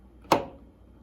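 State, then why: Seated. A freeze dryer door is closed and its two-stage handle is pushed into the second stage. A single sharp click at 0.3 s is preceded by a faint shuffle and followed by a short fading ring. The handle latches into its locked position.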